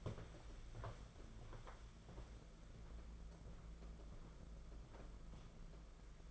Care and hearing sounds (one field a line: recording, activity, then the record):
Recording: daily activity, microphone in the room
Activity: walk to room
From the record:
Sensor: 5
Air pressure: 992.2 hPa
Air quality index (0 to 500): 213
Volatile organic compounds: 1000 ppm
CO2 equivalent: 6196 ppm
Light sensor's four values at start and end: 6/16/6/7 and 6/16/6/7